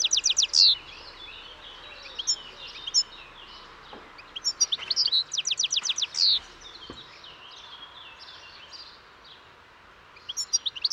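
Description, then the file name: European goldfinch song: lively, jumbled, high twittering with quick trills and sharp notes, then a long pause before resuming near the end. "Carduelis carduelis"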